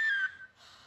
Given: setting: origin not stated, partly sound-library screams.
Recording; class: one-second piece from a danger detection set; woman in danger